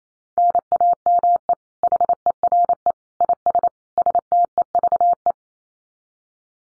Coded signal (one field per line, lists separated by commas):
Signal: Morse code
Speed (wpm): 28 wpm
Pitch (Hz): 700 Hz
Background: none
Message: NAME HERE IS STEVE